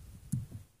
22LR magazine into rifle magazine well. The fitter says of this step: So when you pop it into place and you hear the click,